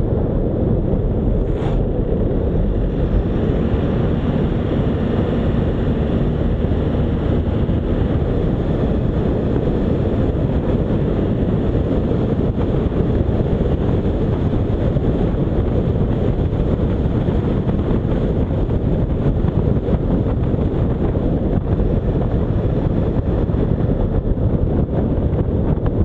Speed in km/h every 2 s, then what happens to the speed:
37, 43, 50, 56, 61, 63, 64, 64, 61, 57, 54, 52, 47.
0-11 speeds up to 64. 11-26 slows to 47.